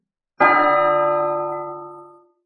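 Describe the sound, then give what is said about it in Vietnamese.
A single bell strike rings out with a bright, sharp attack, then its rich metallic overtones hum and slowly fade over about two seconds. No voices are present. “Một tiếng chuông vang lên chấn động thiên hạ. Đó là một tiếng chuông kỳ lạ, từ từ vang vang, có thể truyền khắp lãnh thổ nhân tộc.”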